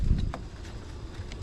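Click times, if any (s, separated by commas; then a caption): 0.3 s. While refitting the passenger-side mirror on an S550 Mustang, the plastic bottom plate is pushed so its small hole fits over a mounting peg, and it snaps into place with a sharp click at 0.3 s. A fainter tick follows at 1.3 s over a low background rumble, and the plate is seated.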